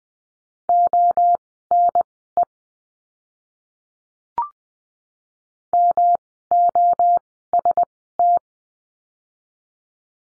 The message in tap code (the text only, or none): none